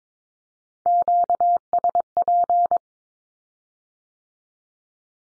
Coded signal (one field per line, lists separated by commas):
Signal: Morse code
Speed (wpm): 22 wpm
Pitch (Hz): 700 Hz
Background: none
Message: QSP